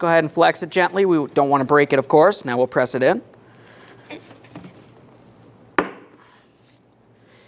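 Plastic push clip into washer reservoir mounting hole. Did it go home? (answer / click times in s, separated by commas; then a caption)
yes / 5.8 s. Someone talks while a plastic push clip on the washer reservoir assembly of a 2011-2021 Jeep Grand Cherokee is flexed gently and pressed into its mounting hole. After some faint handling noises, a single sharp click at 5.8 s marks the clip snapping home and seating.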